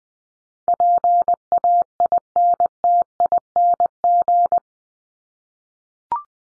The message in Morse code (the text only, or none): PAINTING